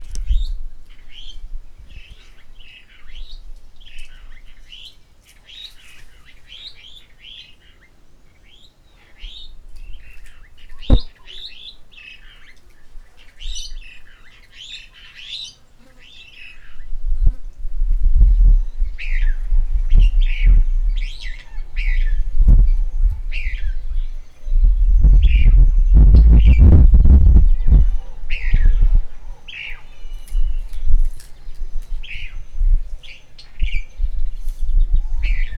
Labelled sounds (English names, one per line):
Yellow-billed Shrike